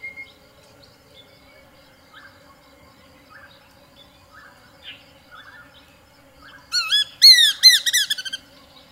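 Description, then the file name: Besra calls: faint scattered notes, then a loud, rapid series of ringing, down-slurred notes in the final two seconds. "松雀鷹"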